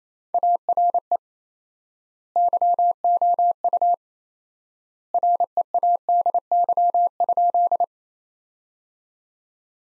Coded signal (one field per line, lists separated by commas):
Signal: Morse code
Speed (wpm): 28 wpm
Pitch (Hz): 700 Hz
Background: none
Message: ARE YOU READY?